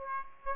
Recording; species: mosquito wingbeat signal from an infrared sensor; Aedes aegypti